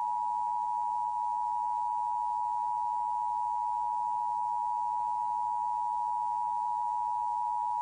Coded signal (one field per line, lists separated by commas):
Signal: Emergency Alert System (SAME) tones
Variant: 853 and 960 Hz attention tone